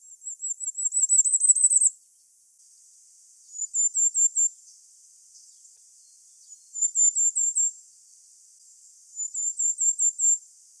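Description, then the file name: Common firecrest singing four short bouts of very high, thin, rapid notes. The first bout accelerates and grows louder, and the rest are brief even runs about one and a half to two seconds apart. "Regulus ignicapilla"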